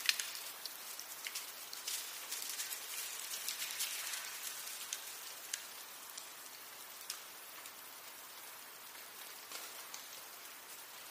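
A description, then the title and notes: Melting snow drips and patters steadily, a dense hiss of tiny bright drops with sharper ticks scattered throughout. Pattering is busiest in the first four seconds, then thins slightly, with occasional louder clicks near seconds seven and nine. Snowmelt: Winter Soundscape.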